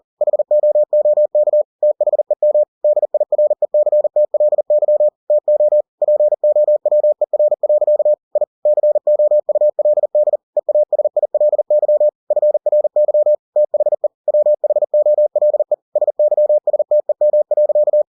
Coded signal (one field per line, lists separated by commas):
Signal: Morse code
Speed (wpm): 40 wpm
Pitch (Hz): 600 Hz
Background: none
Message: HOOK THEM DIRECTLY TO POWER. I COULD EASILY FRY THE WHOLE SYSTEM.